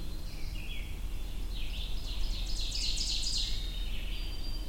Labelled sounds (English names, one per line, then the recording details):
Ovenbird song
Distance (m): 35 m
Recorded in boreal forest in Alberta, Canada, on 22 June 2016 at 08:28
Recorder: SongMeter 3, array SBT-6-76
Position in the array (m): 19 m, 112 m
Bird 2